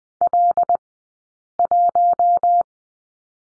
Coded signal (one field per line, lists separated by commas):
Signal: Morse code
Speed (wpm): 20 wpm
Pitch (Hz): 700 Hz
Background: none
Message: L1